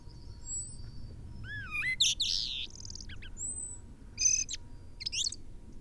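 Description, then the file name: Common blackbird calls: a curling slurred whistle, a harsh burst, then a few sharp high chattering notes spaced apart, with soft background hiss. "Turdus merula"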